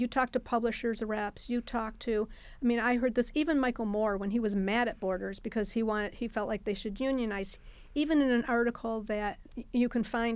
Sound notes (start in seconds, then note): none